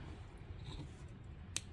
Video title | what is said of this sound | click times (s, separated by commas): 21 Charger Diode dynamics LED sidemarker install | you hear that snap, and you just go ahead and make sure that | 1.6 s